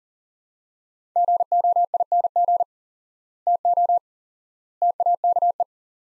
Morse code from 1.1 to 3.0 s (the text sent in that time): GOING